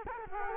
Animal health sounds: mosquito wingbeat signal from an infrared sensor; Culex quinquefasciatus

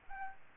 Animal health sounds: mosquito wingbeat signal from an infrared sensor; Aedes albopictus

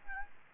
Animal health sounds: mosquito wingbeat signal from an infrared sensor; Aedes albopictus

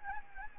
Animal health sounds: mosquito wingbeat signal from an infrared sensor; Anopheles gambiae

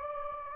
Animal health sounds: mosquito wingbeat signal from an infrared sensor; Anopheles gambiae

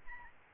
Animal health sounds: mosquito wingbeat signal from an infrared sensor; Aedes albopictus

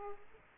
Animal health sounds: mosquito wingbeat signal from an infrared sensor; Aedes aegypti

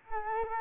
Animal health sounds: mosquito wingbeat signal from an infrared sensor; Culex quinquefasciatus

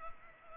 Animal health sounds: mosquito wingbeat signal from an infrared sensor; Culex pipiens

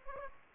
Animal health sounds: mosquito wingbeat signal from an infrared sensor; Aedes aegypti

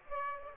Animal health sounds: mosquito wingbeat signal from an infrared sensor; Aedes aegypti

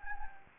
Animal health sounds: mosquito wingbeat signal from an infrared sensor; Anopheles gambiae

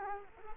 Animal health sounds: mosquito wingbeat signal from an infrared sensor; Culex quinquefasciatus

